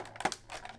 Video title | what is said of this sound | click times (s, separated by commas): GoLidz Introduction - Innovative Cold Cup Lid Design - FPTV | Lock up the back posts | 0.2 s